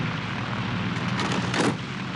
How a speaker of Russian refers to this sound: В поле совершает посадку с не до конца выдвинутым с левым шасси истребитель Ла-5 с красными звездами и номером 60 на фюзеляже. Описав дугу и завалившись на левое крыло, самолет замирает.